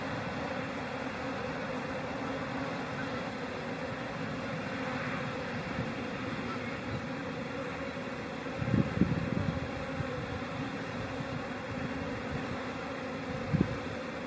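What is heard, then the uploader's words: Bees hum in a steady, dense drone at a busy hive entrance, mostly low, with brief louder buzzing bursts near nine and thirteen seconds. The sounds and view from a busy hive entrance in March.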